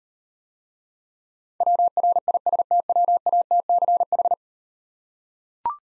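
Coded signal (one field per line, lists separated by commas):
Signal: Morse code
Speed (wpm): 40 wpm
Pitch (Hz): 700 Hz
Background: none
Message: WRISTWATCH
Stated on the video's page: Morse code copying practice with easy words at 30 wpm, using contextual hints.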